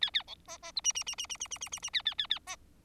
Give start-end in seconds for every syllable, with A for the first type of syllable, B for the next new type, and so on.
0.01-0.10 A, 0.13-0.23 A, 0.27-0.35 B, 0.47-0.57 C, 0.62-0.72 C, 0.76-0.81 D, 0.84-0.93 E, 0.95-1.03 E, 1.06-1.15 E, 1.18-1.26 E, 1.29-1.37 E, 1.40-1.48 E, 1.50-1.58 E, 1.61-1.69 E, 1.72-1.79 E, 1.82-1.90 E, 1.93-2.02 A, 2.05-2.14 A, 2.18-2.27 A, 2.30-2.39 A, 2.47-2.56 C